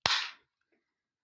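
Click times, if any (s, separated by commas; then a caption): 0.1 s. A plastic clip on a War for Cybertron Earthrise Quintesson transforming action figure is pushed into its socket and snaps home with one loud, sharp click at 0.1 s, followed by a short bright ring that fades by about 0.4 s and a faint tick near 0.7 s. The clip is seated in place.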